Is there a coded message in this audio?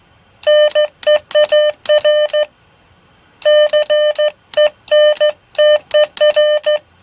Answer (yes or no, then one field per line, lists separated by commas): yes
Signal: Morse code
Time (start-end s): 0.5-6.8 s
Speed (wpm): 14 wpm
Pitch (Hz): 600 Hz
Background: none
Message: NEAR CENTER